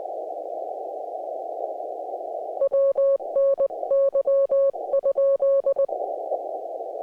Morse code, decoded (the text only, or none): WNY?